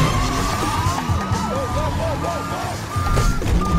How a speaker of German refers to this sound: Ja, da hört man doch schon genau, worum es hier geht. Um Überfälle, wilde Verfolgungsjagden und alles, was auf vier Rädern stattfinden kann.